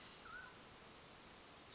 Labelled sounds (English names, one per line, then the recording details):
Mountain Quail
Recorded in Sonoma County, California